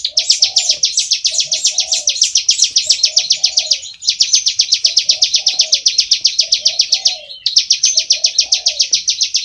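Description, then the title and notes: Bar-winged prinia giving an unbroken run of sharp, high ticking calls, roughly four a second, pausing briefly twice. Soft, lower looping notes repeat faintly underneath. Ngebren style continuous calling, used as a masteran tutor track for training white-rumped shamas (murai batu). "Ciblek Ngebren Untuk Masteran Murai Batu. Suara burung ciblek - Suara Nada"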